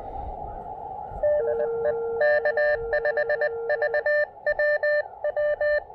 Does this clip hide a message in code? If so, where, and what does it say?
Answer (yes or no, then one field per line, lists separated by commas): yes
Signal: Morse code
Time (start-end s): 1.2-5.8 s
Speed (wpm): 22 wpm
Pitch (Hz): 590 Hz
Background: none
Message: DE K5VWW